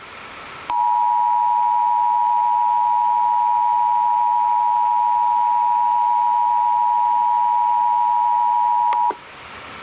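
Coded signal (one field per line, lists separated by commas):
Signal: Emergency Alert System (SAME) tones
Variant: 853 and 960 Hz attention tone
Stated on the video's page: EAS test, edited with the maker's own voice.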